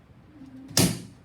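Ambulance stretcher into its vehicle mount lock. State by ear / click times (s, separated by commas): seated / 0.8 s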